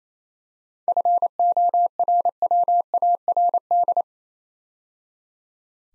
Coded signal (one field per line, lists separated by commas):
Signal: Morse code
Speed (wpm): 27 wpm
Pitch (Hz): 700 Hz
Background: none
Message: FORWARD